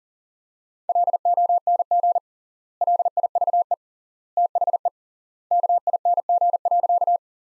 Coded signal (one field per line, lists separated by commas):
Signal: Morse code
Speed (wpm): 40 wpm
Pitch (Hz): 700 Hz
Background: none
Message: LONG LIVE THE KING.